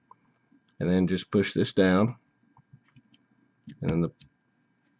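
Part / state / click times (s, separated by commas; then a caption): metal slide cover plate into the rear of the pistol slide / not seated / none. A metal slide cover plate is pushed down over the firing pin assembly into the rear of the slide of a compact Sig P238/P938 pistol, held with a pen, while someone talks. Faint small clicks and handling ticks come between the words. Nothing has seated or clicked into place yet by the end of the clip.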